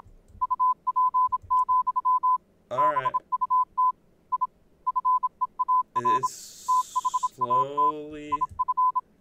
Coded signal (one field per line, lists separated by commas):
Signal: Morse code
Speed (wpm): 27 wpm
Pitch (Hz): 1010 Hz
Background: speech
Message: UP, BUT I FEAR THAT IF